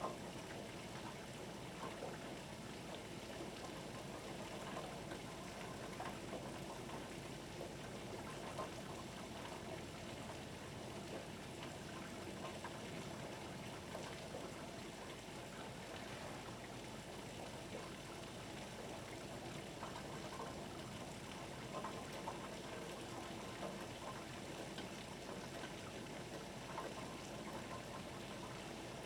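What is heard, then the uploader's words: A harbor during a thunderstorm: a dense, steady wash of rain and lapping water runs through the whole stretch without a break. Underneath sits a low rumbling drone like ship engine traffic, with level loudness and no distinct thunderclaps or gull calls. Martha's Vineyard Thunderstorm and Harbor Waves... Ambience.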